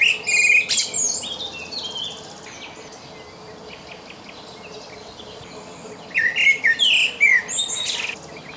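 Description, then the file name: Common blackbird song, a fluted phrase with high twittering ends, a pause, then a second warbled phrase. "Turdus merula"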